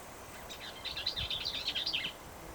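Bell's vireo song: one quick, jumbled, scratchy warbling phrase of high notes lasting about a second and a half, over faint low background noise.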